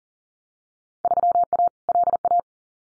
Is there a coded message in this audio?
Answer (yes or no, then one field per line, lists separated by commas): yes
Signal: Morse code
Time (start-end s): 1.0-2.4 s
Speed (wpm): 40 wpm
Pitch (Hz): 700 Hz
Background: none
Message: 3A LA